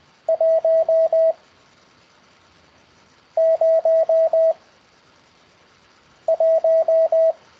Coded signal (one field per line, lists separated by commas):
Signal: Morse code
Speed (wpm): 20 wpm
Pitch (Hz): 650 Hz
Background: radio noise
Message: 1 0 1